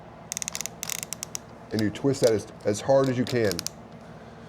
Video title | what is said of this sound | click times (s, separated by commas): Cordless Drill Training | You can hear it click, | 0.3 s, 0.4 s, 0.5 s, 0.6 s, 0.9 s